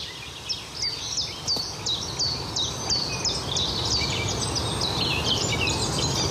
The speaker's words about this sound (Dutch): Dit keer speelt de tjiftjaf. De eerste viool. Opgenomen door Marij Jansen in Sint-Gertruid onder Maastricht. Ja, het is natuurlijk een hele kunst om al die vogelgeluiden uit elkaar te halen.